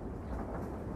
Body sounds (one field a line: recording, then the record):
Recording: background sound without coughing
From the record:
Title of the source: Train Ride Ambience ambient white noise for sleeping, focus, studying, reading